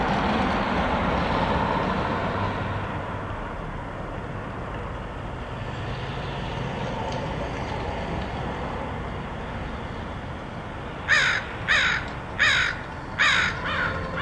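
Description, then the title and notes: Crow calling a series of several harsh caws in quick succession near the end, after a long stretch of low background rumble and noise. Recorded in Portland, Oregon, in August 2003. "Crows of Portland. Crows recorded by Dan Bodah in Portland, OR, August 2003"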